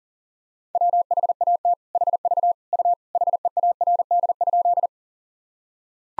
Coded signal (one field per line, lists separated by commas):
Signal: Morse code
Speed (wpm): 40 wpm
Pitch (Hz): 700 Hz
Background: none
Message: WHAT HV U HEARD?